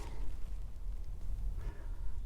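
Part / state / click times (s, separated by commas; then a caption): faucet valve cartridge into kitchen faucet body / not seated / none. A replacement plastic faucet valve cartridge is slid back into a metal kitchen faucet body and lined up by its two tabs before being pressed home. Only a low, steady background rumble is heard, with no distinct sound from the part. Nothing has seated or clicked yet.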